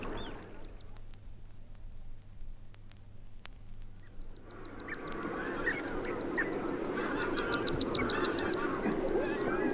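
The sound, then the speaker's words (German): A flock of red knots, large northern sandpipers, gives soft, toneless contact calls that swell into a dense, murmuring chatter after a few seconds, while thin, rapid high-pitched call series repeat above. “Danach diese Laute noch einmal, neben den tonlosen Stimmfühlungsrufen des Knutz, eines großen nordischen Strandläufers.”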